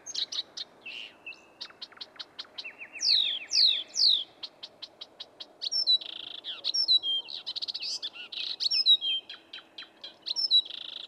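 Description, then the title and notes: Blyth's reed warbler singing a rich, continuous medley: ticking note series, repeated downslurred whistles and chattering phrases. Heard on night outings near lush meadows and shrubland almost anywhere in southern Finland; about 50,000 breeding pairs, having spread rapidly to the west coast. "Viitakerttunen. Pertti Koskimies. Marko Melto"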